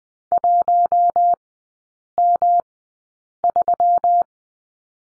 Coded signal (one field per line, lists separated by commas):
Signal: Morse code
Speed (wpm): 20 wpm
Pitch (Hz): 700 Hz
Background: none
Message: 1M3